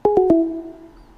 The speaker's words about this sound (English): Hello, we are not available now. Please leave your name and phone number after the beep. We will return your call.